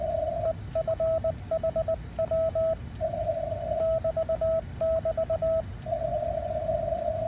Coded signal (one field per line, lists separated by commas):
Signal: Morse code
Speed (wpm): 20 wpm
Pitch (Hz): 1300 Hz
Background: radio noise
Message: EFHW <BT><BT>